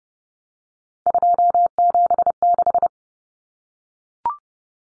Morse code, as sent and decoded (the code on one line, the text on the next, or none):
..--- --... -....
276